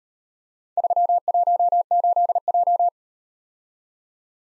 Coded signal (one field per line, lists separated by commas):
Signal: Morse code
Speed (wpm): 35 wpm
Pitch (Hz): 700 Hz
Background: none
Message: 318J